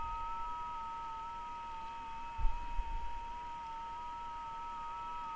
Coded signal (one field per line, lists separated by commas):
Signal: FT8